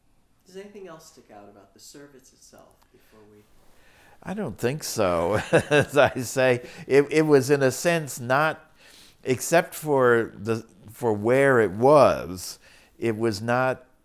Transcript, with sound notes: Does anything else stick out about the service itself, before we?
I don't think so, -- [Laughs] as I say ---- it was in a sense not ---- except for the – for where it was, it was not